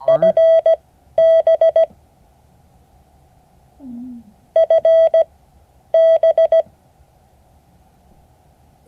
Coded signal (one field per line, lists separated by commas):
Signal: Morse code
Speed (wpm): 17 wpm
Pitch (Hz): 650 Hz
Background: none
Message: FB FB